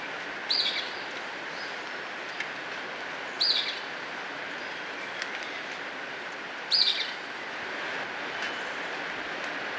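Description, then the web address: Golden-crowned flycatcher calls, sharp squeaky notes given three times about every three seconds over a steady rushing background hiss. Recorded in Ecuador. "Natures Songs S America Birds of Ecuador Golden-Crowned Flycatcher"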